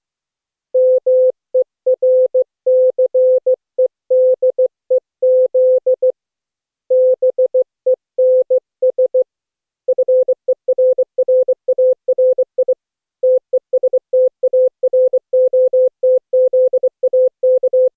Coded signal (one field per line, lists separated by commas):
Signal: Morse code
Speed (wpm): 16 wpm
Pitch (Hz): 510 Hz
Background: none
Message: MERCEDEZ BENS FERRARI TESTAROTZA K